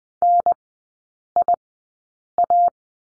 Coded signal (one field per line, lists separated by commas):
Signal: Morse code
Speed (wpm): 20 wpm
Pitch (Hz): 700 Hz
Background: none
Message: NIA